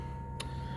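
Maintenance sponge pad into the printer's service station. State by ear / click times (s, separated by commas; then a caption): seated / 0.4 s. A small maintenance sponge pad is pushed up into a printer's service station and seats with a single sharp, short click at 0.4 s. The click stands out over a steady low hum and a constant tone. The sponge unit is confirmed seated.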